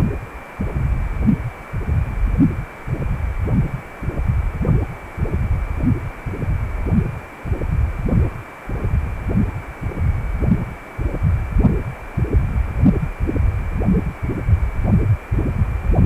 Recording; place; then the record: Doppler ultrasound of blood flow; precordium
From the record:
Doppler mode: continuous wave and pulsed wave in the uncut recording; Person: healthy adult, 18 to 50 years, no heart murmur, not diving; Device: 2.5 MHz transducer